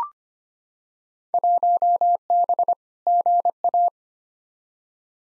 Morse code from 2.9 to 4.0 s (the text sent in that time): GA